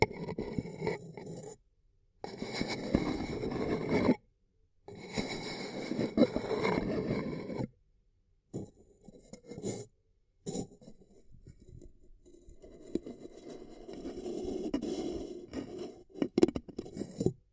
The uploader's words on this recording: Extremely Tingly Ear Cupping Triggers ASMR (No Talking).